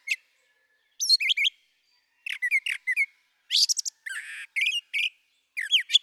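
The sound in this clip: Brown thrasher delivering varied phrases in rapid pairs and triplets, including sharp chips, slurred notes and a harsh buzzy rasp, separated by short pauses.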